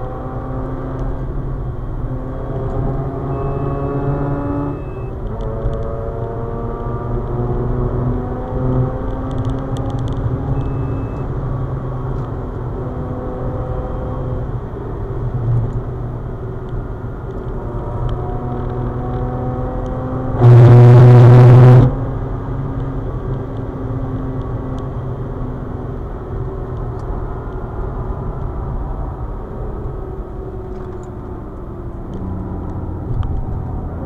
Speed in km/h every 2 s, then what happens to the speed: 115, 125, 132, 144, 156, 146, 146, 135, 139, 149, 155, 147, 142, 129, 119, 106, 93.
0-8 speeds up to 156. 8-15 slows to 135. 15-21 speeds up to 155. 21-34 brakes to 93.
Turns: 28-34.